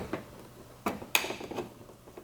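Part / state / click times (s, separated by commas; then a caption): side marker light housing into car bumper opening / seated / 1.2 s. An LED side marker lens housing on a 2012 Camaro V6 is pushed into the plastic bumper opening, with softer knocks around 0.1 s and 0.9 s. A sharp snap at 1.2 s marks its clips locking in, and the marker is seated.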